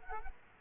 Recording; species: mosquito wingbeat signal from an infrared sensor; Culex quinquefasciatus